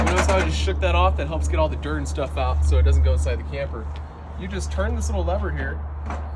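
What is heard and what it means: Someone talks while handling the fold-out entry stairs of a 2021 Coleman Bunk House camper, shaking the stairs to knock the dirt off so it doesn't get inside and reaching for the small stair lock lever, over a steady low hum. Nothing has seated or clicked yet; the stairs are not locked in place by the end.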